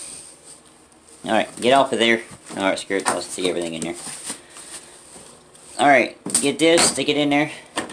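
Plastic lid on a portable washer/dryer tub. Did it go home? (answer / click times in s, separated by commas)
no / none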